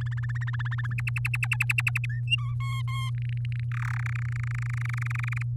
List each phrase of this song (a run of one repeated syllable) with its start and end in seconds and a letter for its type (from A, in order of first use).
0.01-0.94 A, 0.98-2.06 B, 2.09-2.20 C, 2.27-2.54 D, 2.60-3.10 E, 3.15-3.64 F, 3.71-4.01 G, 4.02-5.43 H